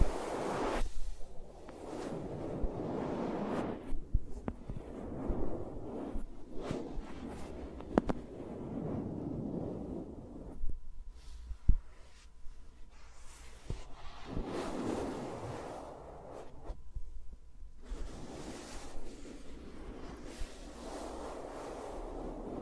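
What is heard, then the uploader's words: Fingers move around microphones with no talking, making soft rubbing and rustling swells that come and go in waves. Quick taps and clicks break through now and then, with quieter stretches around 11 and 17 seconds and a low rumble underneath. ASMR with Mics Around My Fingers (No Talking).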